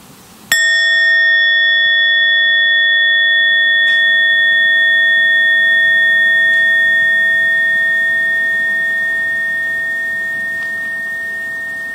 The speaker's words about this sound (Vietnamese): Hơi thở vào, hơi thở ra, sau đó mình mới thỉnh một tiếng chuông.